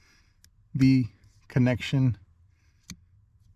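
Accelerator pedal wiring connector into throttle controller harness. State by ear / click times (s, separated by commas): seated / 2.9 s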